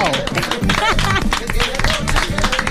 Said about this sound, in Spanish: ¡1000! ¡Ese programa 1000! ¡Un aplauso!